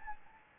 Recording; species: mosquito wingbeat signal from an infrared sensor; Anopheles gambiae